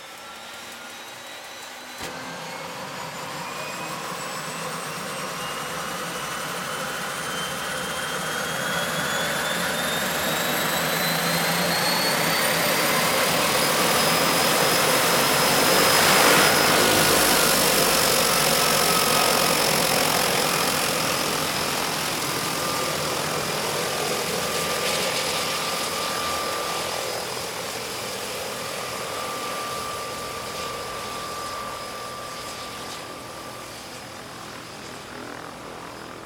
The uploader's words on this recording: De Havilland Canada DHC - 3-T Turbo - Otter by Andy "soundeziner" Martin.